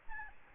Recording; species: mosquito wingbeat signal from an infrared sensor; Aedes albopictus